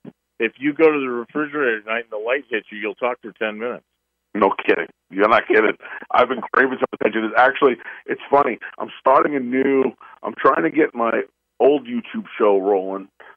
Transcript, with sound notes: if you go to the refrigerator tonight and the light hits you, you'll talk for 10 minutes. No kidding. You're not kidding (laughs) . I've been craving some attention. Actually, it's funny. I'm starting a new, I'm trying to get my old YouTube show rolling,